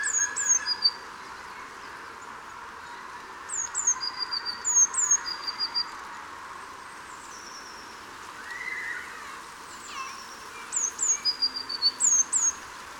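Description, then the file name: Eurasian blue tit phrases of high, thin descending notes running into a lower rattled trill, repeated a few times over steady hiss. "Cyanistes caeruleus"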